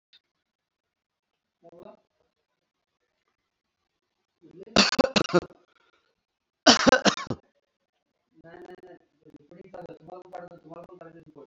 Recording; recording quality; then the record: heavy voluntary cough; excellent, no background noise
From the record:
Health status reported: COVID-19 positive, mild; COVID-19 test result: positive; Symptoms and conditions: hypertension, diabetes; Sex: male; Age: 54 years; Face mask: not worn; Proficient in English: yes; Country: India